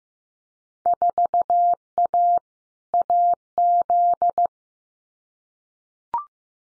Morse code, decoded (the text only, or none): 4A AZ